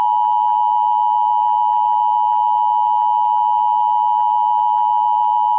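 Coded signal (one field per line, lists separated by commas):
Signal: Emergency Alert System (SAME) tones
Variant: 853 and 960 Hz attention tone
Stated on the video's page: Alert from NOAA Weather Radio station KHB 32.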